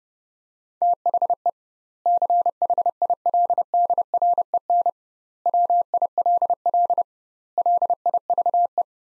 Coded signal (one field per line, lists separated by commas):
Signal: Morse code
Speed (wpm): 30 wpm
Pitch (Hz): 700 Hz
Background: none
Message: THE CHILDREN WILL LIVE